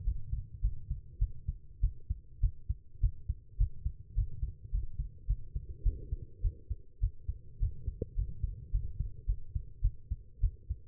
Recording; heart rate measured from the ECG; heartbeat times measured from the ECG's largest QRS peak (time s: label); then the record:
heart sounds by stethoscope; 104 bpm
0.04 s: heartbeat
0.61 s: heartbeat
1.19 s: heartbeat
1.81 s: heartbeat
2.40 s: heartbeat
3.00 s: heartbeat
3.57 s: heartbeat
4.15 s: heartbeat
4.71 s: heartbeat
5.27 s: heartbeat
5.83 s: heartbeat
6.41 s: heartbeat
7.00 s: heartbeat
7.59 s: heartbeat
8.15 s: heartbeat
8.71 s: heartbeat
9.26 s: heartbeat
9.81 s: heartbeat
10.40 s: heartbeat
From the record:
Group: healthy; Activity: rest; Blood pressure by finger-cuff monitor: 125/82 mmHg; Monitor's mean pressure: 94 mmHg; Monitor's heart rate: 105 bpm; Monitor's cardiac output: 7.9 L/min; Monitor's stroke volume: 76 mL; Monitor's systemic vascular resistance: 870 dyn s/cm5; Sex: female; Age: 19 years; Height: 163 cm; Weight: 51 kg